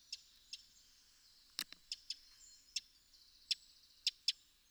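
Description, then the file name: Eurasian wren calls: sharp, dry ticking notes given singly and in pairs at irregular intervals, with quiet surroundings between them. "Troglodytes troglodytes"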